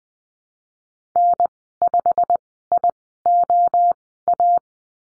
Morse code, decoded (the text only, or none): N5IOA